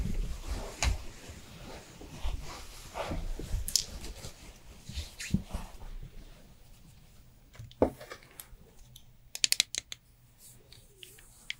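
Handling sounds from a Korean skincare routine: soft rustling, rubbing and light taps fill the first six seconds. After that it grows quieter, with a sharp knock near eight seconds and a quick cluster of crisp clicks around nine to ten seconds over a low hum.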